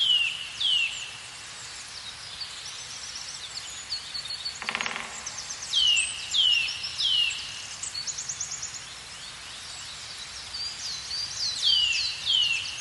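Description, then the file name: Eurasian nuthatch calling: clear downslurred whistled notes in pairs and short runs, repeated throughout. "Sitta europaea"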